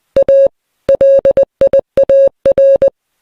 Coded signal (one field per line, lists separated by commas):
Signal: Morse code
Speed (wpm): 20 wpm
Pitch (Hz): 550 Hz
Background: music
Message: A LIAR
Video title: Pretty complex morse code message audio